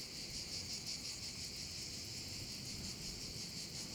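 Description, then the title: Cicadas producing an unbroken high-pitched buzz, shimmering with quick irregular pulses, over a soft low background hum. Several cicadas over the Vallo di Diano valley near Padula, Italy; recorded with a Zoom H6 and mid-side microphone capsule. "Geoparco Padula - Cicale sulla valle del Diano"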